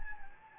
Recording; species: mosquito wingbeat signal from an infrared sensor; Anopheles gambiae